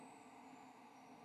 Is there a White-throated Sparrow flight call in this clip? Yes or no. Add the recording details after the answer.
no. No flight call is heard. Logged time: 05:51 on 7 November 2014